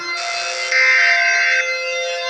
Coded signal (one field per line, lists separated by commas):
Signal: Emergency Alert System (SAME) tones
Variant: header bursts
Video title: EAS scenario number one; Sun exploding